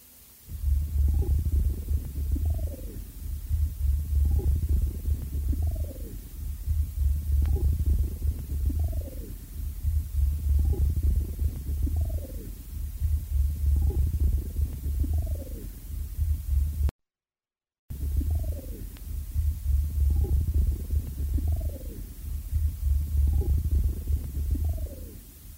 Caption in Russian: При этом в период приступа аускультативно над всей поверхностью легких выслушивается жесткое дыхание и сухие свистящие хрипы в большом количестве. Хрипы усиливаются на выдохе, особенно при форсированном выдохе. Запись, сделанную у больной в момент очередного приступа бронхиальной астмы.